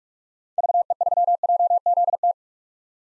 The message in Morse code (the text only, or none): VE3JZT